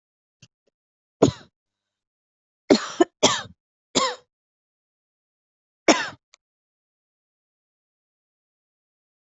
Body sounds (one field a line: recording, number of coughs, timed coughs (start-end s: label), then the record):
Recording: coughing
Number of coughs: 5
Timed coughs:
1.20-1.46 s: cough
2.69-3.08 s: cough
3.22-3.48 s: cough
3.94-4.21 s: cough
5.88-6.17 s: cough
From the record:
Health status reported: COVID-19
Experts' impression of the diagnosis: lower respiratory tract infection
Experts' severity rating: mild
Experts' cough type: dry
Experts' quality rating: ok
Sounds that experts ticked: nothing specific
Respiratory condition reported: yes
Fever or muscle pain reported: no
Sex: female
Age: 47 years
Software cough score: 0.99